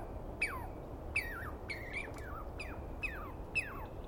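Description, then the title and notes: Douglas squirrel calling: sharp chirps sliding downward, some wavering, spaced about half a second apart over quiet background noise. Douglas pine squirrel screaming for a long while at dawn, morning of 21 April 2017, East Cascades; identified by sound, not clearly seen. "On the morning of 21 April, 2017, I set up my microphones and recorder for a nice dawn recording in the East Cascades. I was started awake by a screaming Douglas Pine Squirrel."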